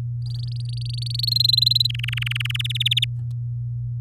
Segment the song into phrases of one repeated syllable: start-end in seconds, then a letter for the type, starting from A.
0.26-1.30 A, 1.31-1.87 B, 1.89-2.57 C, 2.59-3.05 D